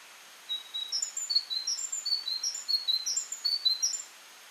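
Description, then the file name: Great tit calls: a quick run of many short, high chirps at varying pitches, lasting some three and a half seconds, with faint steady hiss beneath. "Parus major"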